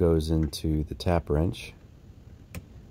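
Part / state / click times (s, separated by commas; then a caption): aluminum rod into mainspring winder holder / seated / 2.5 s. The aluminum rod of a homemade clock mainspring winder slides into its holder and locks into place. Someone talks for the first second and a half, then after a quiet stretch a single sharp click sounds at 2.6 seconds as the rod seats.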